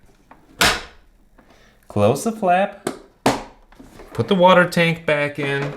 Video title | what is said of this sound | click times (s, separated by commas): How to Clean and Grease a Delonghi Brew Group | stick it back into the machine until you hear a click | 0.6 s